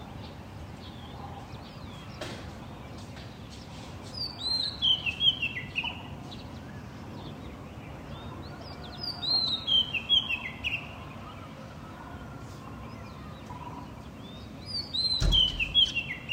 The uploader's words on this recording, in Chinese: 这段声音来自于4月23日的早晨。Kidd发来大理清晨的声音。都是用简单的设备录制而成，没有经过太多修饰。